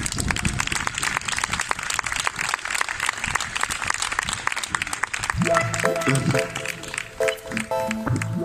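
An audience at a talk on Palestine in Salobreña applauds steadily to welcome a speaker, with dense, continuous clapping throughout, joined in the second half by a few sustained musical tones that rise over the applause.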